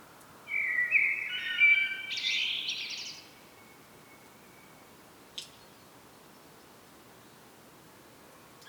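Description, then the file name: Common blackbird: a single mellow warbling phrase ending in a high twittered flourish, followed by silence and a faint click. "Turdus merula"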